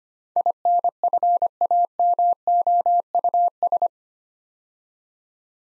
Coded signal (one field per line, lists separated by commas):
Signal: Morse code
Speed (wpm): 25 wpm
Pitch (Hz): 700 Hz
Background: none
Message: INFAMOUS